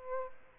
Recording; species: mosquito wingbeat signal from an infrared sensor; Aedes aegypti